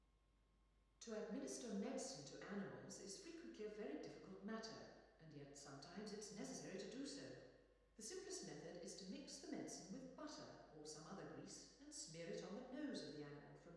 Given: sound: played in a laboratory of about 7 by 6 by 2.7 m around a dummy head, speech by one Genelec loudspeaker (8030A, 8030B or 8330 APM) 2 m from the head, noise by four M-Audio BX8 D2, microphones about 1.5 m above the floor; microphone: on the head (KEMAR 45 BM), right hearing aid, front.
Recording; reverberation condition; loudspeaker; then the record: female speech in English; high; in front (0 degrees)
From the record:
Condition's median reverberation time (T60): about 1300 ms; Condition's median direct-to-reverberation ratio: about -4.0 dB